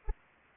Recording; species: mosquito wingbeat signal from an infrared sensor; Anopheles arabiensis